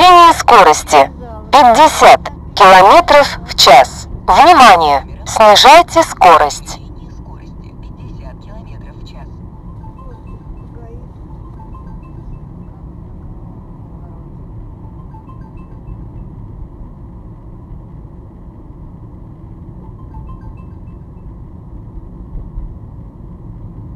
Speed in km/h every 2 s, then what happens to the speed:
56, 56, 55, 47, 47, 47, 46, 46, 46, 44, 42, 42.
0-24 slows to 42.